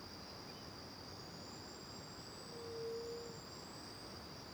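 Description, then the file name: Crickets trilling continuously in a high pulsed band, while a single soft low hoot swells and fades after the midpoint. Recorded in the morning with back to the river near the Angelica cave; crickets first far away, then nearby; AB stereo recording. "De costas para o rio perto da caverna angelica de manha, varios passaros, grilos longe e depois perto, gravacao em ab"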